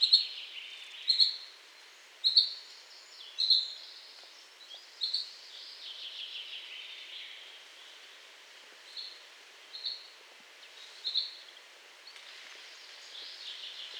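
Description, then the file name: Common chaffinch calls: several short, bright, high notes at uneven intervals, with fainter high sounds in between. "Fringilla coelebs"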